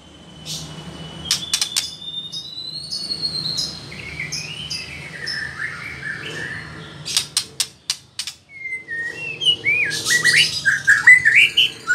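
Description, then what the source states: White-rumped shama with long thin high whistles and clicks, then a lively run of twisting whistled and chattering notes. Female.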